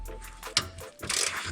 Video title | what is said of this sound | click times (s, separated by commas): Miata fuel filter replacement | You hear that little click? That's how you know you did it good. | 0.6 s